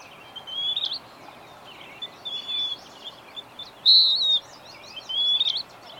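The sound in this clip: Birdsong with several high whistled phrases, some with buzzy twitters between them, the strongest a flat whistle near the four-second mark, steady background hiss.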